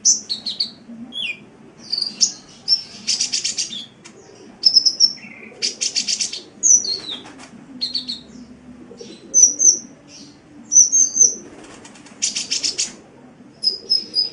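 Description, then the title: Oriental magpie-robin singing a varied phrase of high whistles, downslurred notes and several harsh rattling bursts, delivered in quick bursts separated by short pauses. "Kicau Kacer"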